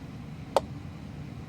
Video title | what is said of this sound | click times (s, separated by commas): Infinity Orb Build: Part 3 - Magnets and Paint! | we can hear that it just snaps right into place | 0.6 s